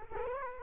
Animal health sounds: mosquito wingbeat signal from an infrared sensor; Culex quinquefasciatus

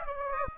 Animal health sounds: mosquito wingbeat signal from an infrared sensor; Aedes aegypti

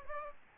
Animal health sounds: mosquito wingbeat signal from an infrared sensor; Aedes aegypti

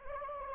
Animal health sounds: mosquito wingbeat signal from an infrared sensor; Anopheles arabiensis

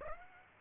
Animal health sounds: mosquito wingbeat signal from an infrared sensor; Aedes aegypti

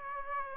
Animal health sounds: mosquito wingbeat signal from an infrared sensor; Aedes aegypti

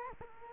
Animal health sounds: mosquito wingbeat signal from an infrared sensor; Culex quinquefasciatus

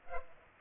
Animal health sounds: mosquito wingbeat signal from an infrared sensor; Culex pipiens

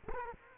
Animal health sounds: mosquito wingbeat signal from an infrared sensor; Culex quinquefasciatus

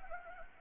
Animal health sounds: mosquito wingbeat signal from an infrared sensor; Anopheles arabiensis

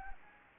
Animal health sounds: mosquito wingbeat signal from an infrared sensor; Anopheles gambiae

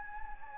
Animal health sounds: mosquito wingbeat signal from an infrared sensor; Anopheles gambiae

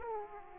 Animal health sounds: mosquito wingbeat signal from an infrared sensor; Aedes aegypti

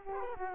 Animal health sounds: mosquito wingbeat signal from an infrared sensor; Culex quinquefasciatus

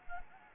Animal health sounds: mosquito wingbeat signal from an infrared sensor; Anopheles gambiae

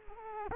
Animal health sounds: mosquito wingbeat signal from an infrared sensor; Culex quinquefasciatus

